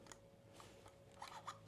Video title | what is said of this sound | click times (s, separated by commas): Revik Radikl RS21B Scope Hands-On Review: Next-Level Precision! | And it opens right up. And then clicks into place, and you're good to go. | 1.2 s